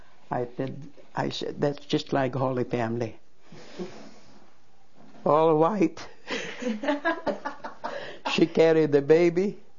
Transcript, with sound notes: I said, "That's just like Holy Family." All white, ( they laugh ) she carried the baby,